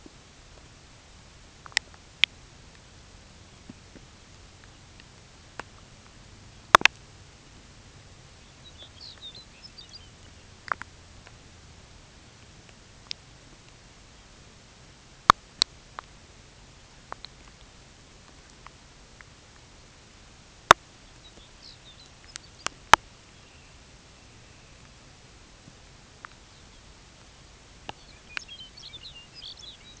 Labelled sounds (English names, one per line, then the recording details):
Lapland Longspur
Dunlin
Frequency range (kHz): Lapland Longspur 1.9-6.6 kHz; Dunlin 2.0-3.2 kHz
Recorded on Arctic tundra, site UTQI-5, on 13 June 2019
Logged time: 16:00